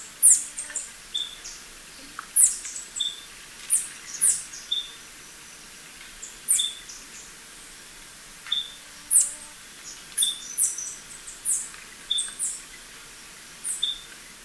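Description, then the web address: Beryl-spangled Tanager calls: steady series of piercing high chips, sometimes paired, mixed with fainter short lower whistles throughout. Recorded in Ecuador. "Birds of Ecuador. Beryl-spangled Tanager"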